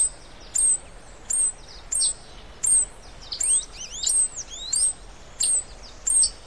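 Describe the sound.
White-bellied hummingbird giving sharp, very high chip notes roughly every 0.7 seconds, with a burst of swooping, squeaky notes in the middle.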